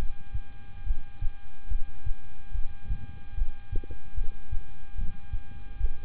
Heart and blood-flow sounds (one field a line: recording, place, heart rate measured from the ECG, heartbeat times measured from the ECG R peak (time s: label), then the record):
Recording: heart sounds by stethoscope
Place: between the tricuspid and mitral areas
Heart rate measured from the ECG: 73 bpm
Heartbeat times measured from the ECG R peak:
0.84 s: heartbeat
1.69 s: heartbeat
2.52 s: heartbeat
3.35 s: heartbeat
4.15 s: heartbeat
4.96 s: heartbeat
5.78 s: heartbeat
From the record:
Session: rest, lying down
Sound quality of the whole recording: good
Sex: male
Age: 26 years